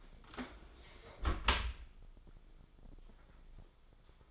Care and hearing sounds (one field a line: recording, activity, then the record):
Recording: daily activity, microphone in the room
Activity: close dishwasher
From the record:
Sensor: 5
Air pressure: 995.8 hPa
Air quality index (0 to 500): 105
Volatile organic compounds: 7 ppm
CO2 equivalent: 2030 ppm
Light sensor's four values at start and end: 42/99/41/44 and 41/97/40/43